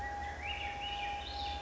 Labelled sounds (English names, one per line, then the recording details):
Swainson's Thrush
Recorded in Sonoma County, California